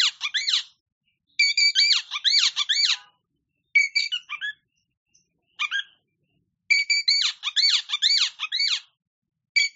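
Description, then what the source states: Oriental magpie-robin song in squeaky bursts of rapid, arching high notes, the bursts of varying length and repeated after short pauses. Champion singing bird.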